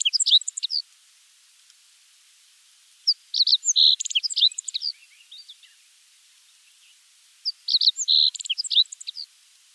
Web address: meadow bunting bird call